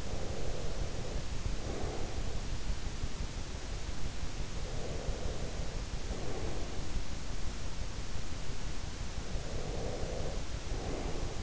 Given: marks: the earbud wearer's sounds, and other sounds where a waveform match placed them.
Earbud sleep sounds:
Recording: sounds in sleep by an in-ear microphone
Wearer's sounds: breath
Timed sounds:
0.00-2.46 s: breath
4.66-6.80 s: breath
9.40-11.43 s: breath

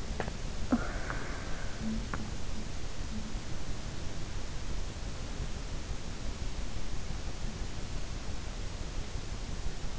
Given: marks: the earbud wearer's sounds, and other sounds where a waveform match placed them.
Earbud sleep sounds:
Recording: sounds in sleep by an in-ear microphone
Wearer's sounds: breath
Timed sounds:
0.00-2.56 s: breath

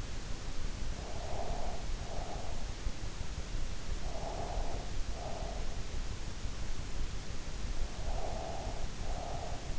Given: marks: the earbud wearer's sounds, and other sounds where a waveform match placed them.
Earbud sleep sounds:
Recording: sounds in sleep by an in-ear microphone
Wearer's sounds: breath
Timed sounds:
1.05-2.71 s: breath
3.90-5.97 s: breath
7.81-9.78 s: breath

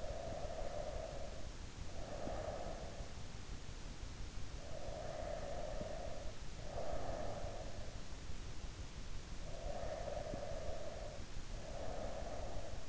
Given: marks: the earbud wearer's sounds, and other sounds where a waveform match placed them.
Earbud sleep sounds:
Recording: sounds in sleep by an in-ear microphone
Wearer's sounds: breath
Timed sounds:
0.00-3.01 s: breath
4.45-7.69 s: breath
9.28-12.89 s: breath

